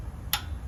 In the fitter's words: we put the torque wrench on. Once you hear a click, it's done.